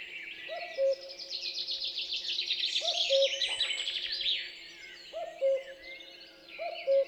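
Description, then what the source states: Common Cuckoo repeating its low two-note cu-coo a few times while a songbird delivers a long rapid trill and other birds chirp around it. Dawn chorus in forest at Champs des Blas, 3 June 2020; recorded with Nagra LB and MKH8020.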